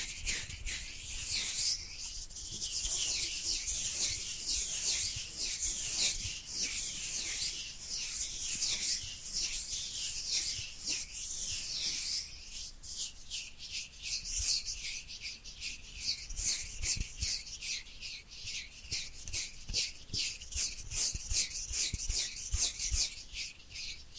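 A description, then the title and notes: Ear cleaning sounds: a constant crisp, hissy scratching and rubbing, almost entirely high and bright with little low end. The strokes come in dense, rapid bursts throughout, with slightly quieter stretches around 3 and 13 seconds before the pace picks up again. Ear Cleaning Triggers.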